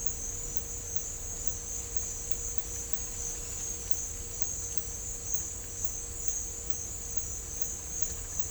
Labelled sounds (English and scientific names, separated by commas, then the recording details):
none
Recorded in dense forest near Puerto Asís, Putumayo, Colombia, on 21 December 2024 at 10:30
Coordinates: 0.500, -76.322
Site G053